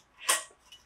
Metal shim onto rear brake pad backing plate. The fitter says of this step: just pop they just just pop into place like they were when they came out